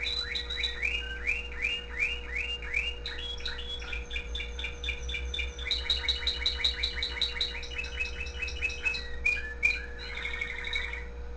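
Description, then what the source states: Canary song: quick series of rising chirps repeated several times a second, then shifting into dense buzzy trills and sharp high notes, over a steady low hum. The owner's own canary.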